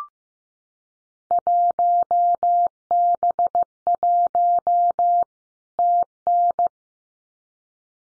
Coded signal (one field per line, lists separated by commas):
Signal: Morse code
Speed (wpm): 15 wpm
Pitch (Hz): 700 Hz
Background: none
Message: 1B1 TN